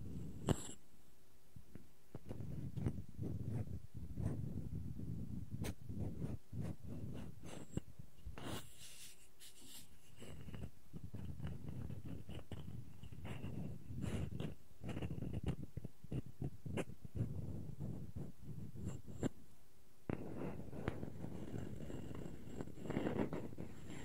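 Wooden objects are tapped and scratched, with sharp knocks scattered throughout, especially near the start and around 6 and 9 seconds. Between the knocks, a dense, low, rustling scrape runs almost continuously, briefly thinning near 10 and 20 seconds.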